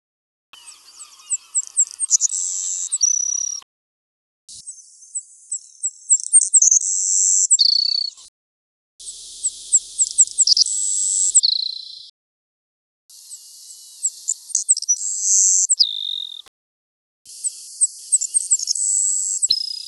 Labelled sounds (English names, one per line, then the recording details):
Savannah Sparrow song
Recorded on Kent Island, New Brunswick, in 1994